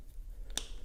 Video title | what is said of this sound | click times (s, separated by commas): Fixing Up a Snapper Mower with Fuel Tank Issues | Yeah, so okay, it clicked in there. | 0.6 s